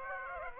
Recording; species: mosquito wingbeat signal from an infrared sensor; Aedes aegypti